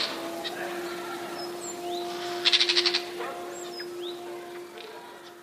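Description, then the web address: Eurasian jay uttering a single rough, pulsed screech of about half a second, with brief high chirps from other birds and a steady low hum throughout. 27 January 2013. "wroblowe ostrzegator sojka 27 01 2013"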